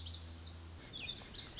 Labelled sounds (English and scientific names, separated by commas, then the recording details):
Lazuli Bunting (Passerina amoena)
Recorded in Sonoma County, California